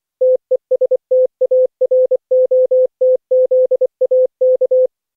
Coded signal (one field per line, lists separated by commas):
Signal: Morse code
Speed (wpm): 16 wpm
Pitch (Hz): 510 Hz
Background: none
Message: TEST AROTZAK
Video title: Daily Minutes, December 1, 2015, without the Contestia.